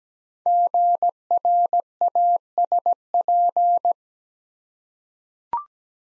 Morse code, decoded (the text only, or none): GRASP